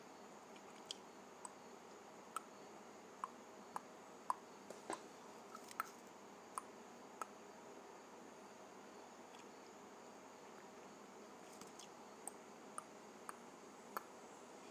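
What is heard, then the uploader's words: Sharp, dry tongue clicks pop out at irregular intervals over a steady, quiet hiss. They come every half second or so through the first eight seconds, pause for about three seconds, then resume sparsely until the end. Each click is brief and bright. Clicking my Tongue.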